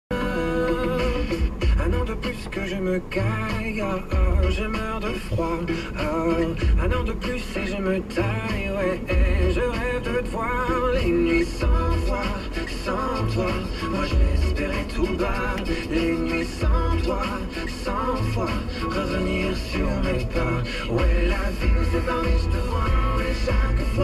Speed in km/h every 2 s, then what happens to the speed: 16, 14, 17, 22, 27, 29, 28, 28, 27, 23, 21, 20.
4-10 speeds up to 29. 10-24 slows to 20.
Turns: none.